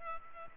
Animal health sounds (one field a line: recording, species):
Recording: mosquito wingbeat signal from an infrared sensor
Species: Culex pipiens